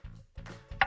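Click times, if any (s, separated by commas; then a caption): 0.8 s. The plastic water temperature switch (WPW10184148) from an Amana washer has its square peg fitted into the square hole in the control console and is twisted until it locks. Low, hum-like bursts of handling sound are followed by a sharp, loud click at 0.8 s as the switch seats in the console.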